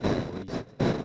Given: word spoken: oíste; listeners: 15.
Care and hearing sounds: one Spanish word in noise, from a listening test; noise modulated by one talker; -12.7 dB; 1 of 15; 11 of 15; 0.65 s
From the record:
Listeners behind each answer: 11, 1, 1, 1, 1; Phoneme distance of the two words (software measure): 24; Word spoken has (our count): 3 syllables, 5 phonemes, stress on syllable 2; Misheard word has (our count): 4 syllables, 7 phonemes, stress on syllable 3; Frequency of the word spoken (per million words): 1.78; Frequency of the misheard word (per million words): 5.69

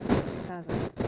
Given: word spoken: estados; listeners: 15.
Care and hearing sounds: one Spanish word in noise, from a listening test; noise modulated by one talker; -8.9 dB; 0 of 15; 10 of 15; 0.68 s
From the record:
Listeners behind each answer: 10, 4, 1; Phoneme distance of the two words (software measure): 7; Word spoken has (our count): 3 syllables, 7 phonemes, stress on syllable 2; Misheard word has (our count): 3 syllables, 6 phonemes, stress on syllable 2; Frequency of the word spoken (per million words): 326.52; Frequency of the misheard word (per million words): 660.44

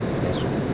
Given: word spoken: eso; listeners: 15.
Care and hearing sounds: one Spanish word in noise, from a listening test; speech-shaped noise; -6.8 dB; 2 of 15; 8 of 15; 0.34 s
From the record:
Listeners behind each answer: 8, 2, 1, 1, 1, 1, 1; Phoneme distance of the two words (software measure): 7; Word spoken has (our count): 2 syllables, 3 phonemes, stress on syllable 1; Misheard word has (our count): 2 syllables, 4 phonemes, stress on syllable 1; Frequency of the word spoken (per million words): 750.68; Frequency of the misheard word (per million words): 20.67

